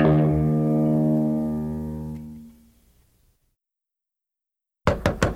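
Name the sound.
knocking on a door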